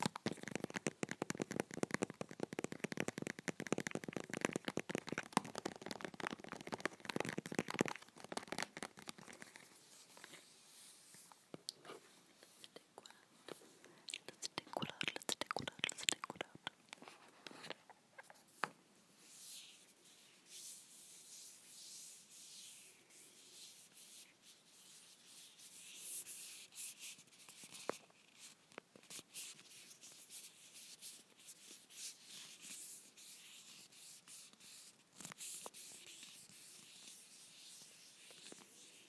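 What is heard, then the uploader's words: Fingernails scratch a box in dense, rough bursts for the first ten seconds, then lighter, brighter scrapes and scattered sharp taps follow. Unboxing a box of three different hand and nail creams. Nail box tapping and scratching.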